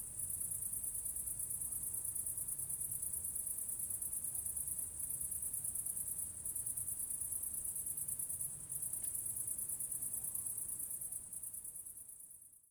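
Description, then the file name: Crickets chirping in a steady, high-pitched continuous chorus with a rapid pulse, over a low rumble, fading away at the end. Several crickets recorded near a church. "grillons nve eglise"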